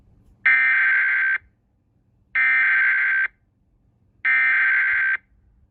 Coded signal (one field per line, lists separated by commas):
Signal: Emergency Alert System (SAME) tones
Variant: header bursts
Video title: *FAIL* AZ silver alert (EAS#109)